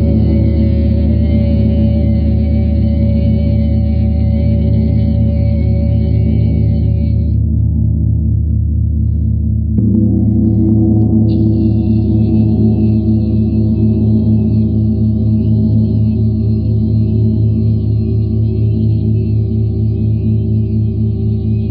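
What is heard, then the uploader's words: Planetary gongs drone in a deep, steady wash of low humming tones, with a fresh strike near ten seconds renewing the bright shimmer. Jupiter, Chiron, Neptune and Sidereal Moon Gong. Four different planetary Gongs played.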